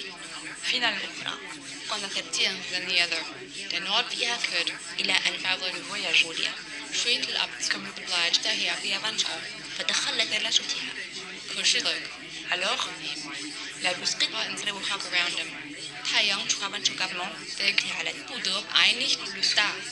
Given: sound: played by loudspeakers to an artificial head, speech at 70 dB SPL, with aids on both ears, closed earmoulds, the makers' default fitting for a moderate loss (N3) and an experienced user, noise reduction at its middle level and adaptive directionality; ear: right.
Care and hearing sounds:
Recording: speech test signal (ISTS) in cocktail-party noise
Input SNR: -3 dB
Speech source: in front (0 degrees)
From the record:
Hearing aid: class 1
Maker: B

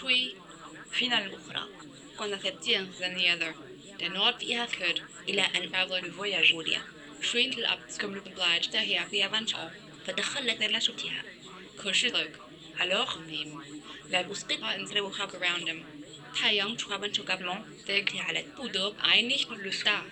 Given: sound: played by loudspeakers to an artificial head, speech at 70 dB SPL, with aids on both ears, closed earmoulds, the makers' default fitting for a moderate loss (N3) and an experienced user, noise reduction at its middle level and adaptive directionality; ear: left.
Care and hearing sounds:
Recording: speech test signal (ISTS) in cocktail-party noise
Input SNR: +6 dB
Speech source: in front (0 degrees)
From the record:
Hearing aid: class 1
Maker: C

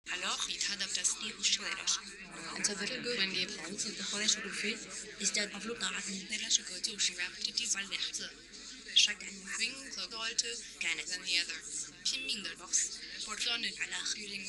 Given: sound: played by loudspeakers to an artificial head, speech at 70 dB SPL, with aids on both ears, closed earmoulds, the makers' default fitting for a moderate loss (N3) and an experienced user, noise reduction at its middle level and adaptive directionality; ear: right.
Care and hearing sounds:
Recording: speech test signal (ISTS) in cocktail-party noise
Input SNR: 0 dB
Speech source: on the right (90 degrees)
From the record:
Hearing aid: class 1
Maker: H

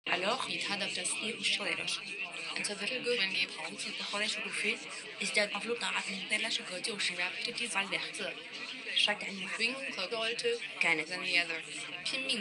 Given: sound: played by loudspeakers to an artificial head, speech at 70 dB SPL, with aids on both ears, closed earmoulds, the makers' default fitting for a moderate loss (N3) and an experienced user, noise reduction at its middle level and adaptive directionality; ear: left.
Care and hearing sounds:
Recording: speech test signal (ISTS) in cocktail-party noise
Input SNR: +3 dB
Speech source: in front (0 degrees)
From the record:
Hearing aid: class 2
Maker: I

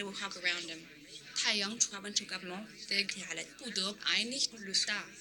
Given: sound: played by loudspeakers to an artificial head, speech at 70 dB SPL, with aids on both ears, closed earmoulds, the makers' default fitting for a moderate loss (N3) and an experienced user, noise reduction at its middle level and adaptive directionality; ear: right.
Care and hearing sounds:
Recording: speech test signal (ISTS) in cocktail-party noise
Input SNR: +6 dB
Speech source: on the right (90 degrees)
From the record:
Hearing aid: class 1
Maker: J

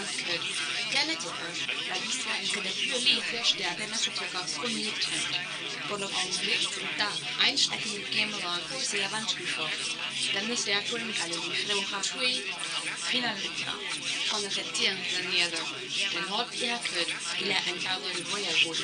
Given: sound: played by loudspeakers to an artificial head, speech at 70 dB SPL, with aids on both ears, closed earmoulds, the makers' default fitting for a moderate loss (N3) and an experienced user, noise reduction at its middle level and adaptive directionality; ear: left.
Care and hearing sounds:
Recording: speech test signal (ISTS) in cocktail-party noise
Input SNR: +3 dB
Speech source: on the right (90 degrees)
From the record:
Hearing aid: class 2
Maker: A

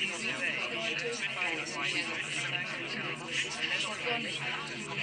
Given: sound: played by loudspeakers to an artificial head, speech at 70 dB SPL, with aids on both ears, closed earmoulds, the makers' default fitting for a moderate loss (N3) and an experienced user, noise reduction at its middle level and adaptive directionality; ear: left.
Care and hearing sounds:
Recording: speech test signal (ISTS) in cocktail-party noise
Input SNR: -6 dB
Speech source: on the right (90 degrees)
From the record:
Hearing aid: class 2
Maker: G

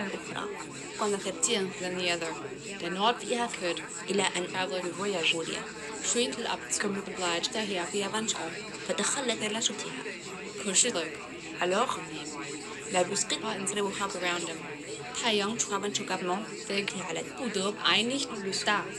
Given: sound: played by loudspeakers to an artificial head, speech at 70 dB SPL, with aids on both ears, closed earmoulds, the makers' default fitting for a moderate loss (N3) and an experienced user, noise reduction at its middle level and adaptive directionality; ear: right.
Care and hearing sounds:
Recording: speech test signal (ISTS) in cocktail-party noise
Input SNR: -3 dB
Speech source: in front (0 degrees)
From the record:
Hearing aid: class 2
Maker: E

